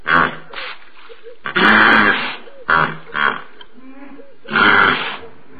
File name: Zvuki zhivotnyh - Begemot